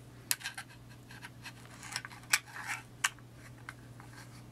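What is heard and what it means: Someone handles a caliper case and fits its magnetic cover, which is held on by magnets, making scraping and rustling sounds with sharp taps near 0.3, 2.3 and 3.0 seconds. The cover has not snapped into place yet, and nothing has seated by the end of the clip.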